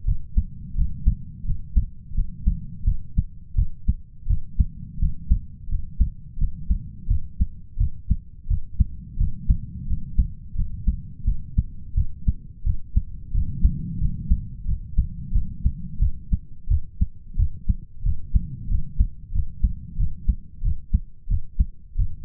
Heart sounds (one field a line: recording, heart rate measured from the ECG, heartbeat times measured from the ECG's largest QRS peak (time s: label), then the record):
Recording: heart sounds by stethoscope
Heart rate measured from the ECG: 88 bpm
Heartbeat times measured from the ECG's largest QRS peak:
0.05 s: heartbeat
0.75 s: heartbeat
1.45 s: heartbeat
2.14 s: heartbeat
2.84 s: heartbeat
3.55 s: heartbeat
4.27 s: heartbeat
4.99 s: heartbeat
5.68 s: heartbeat
6.38 s: heartbeat
7.07 s: heartbeat
7.77 s: heartbeat
8.47 s: heartbeat
9.17 s: heartbeat
9.87 s: heartbeat
10.55 s: heartbeat
11.24 s: heartbeat
11.94 s: heartbeat
12.64 s: heartbeat
13.32 s: heartbeat
13.99 s: heartbeat
14.65 s: heartbeat
15.32 s: heartbeat
15.99 s: heartbeat
16.68 s: heartbeat
17.36 s: heartbeat
18.03 s: heartbeat
18.69 s: heartbeat
19.33 s: heartbeat
19.97 s: heartbeat
20.62 s: heartbeat
21.28 s: heartbeat
21.96 s: heartbeat
From the record:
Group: healthy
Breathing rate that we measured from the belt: 14 breaths a minute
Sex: male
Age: 33 years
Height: 179 cm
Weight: 80.4 kg